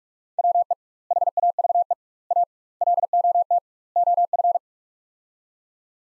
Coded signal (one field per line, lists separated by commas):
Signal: Morse code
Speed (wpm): 46 wpm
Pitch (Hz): 700 Hz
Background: none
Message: WE HAVE A LOT OF